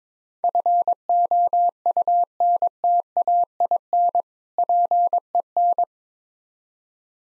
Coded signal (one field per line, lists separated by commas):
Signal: Morse code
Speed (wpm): 22 wpm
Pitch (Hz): 700 Hz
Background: none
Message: FOUNTAIN PEN